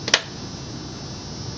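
After resoldering an Acura/Honda fuel pump relay to fix a no-start in hot weather, its plastic cover is pushed back onto the relay body. Two sharp clicks land close together at about 0.1 s, the second much louder, followed by a low, steady background hum. The cover snaps on and is seated.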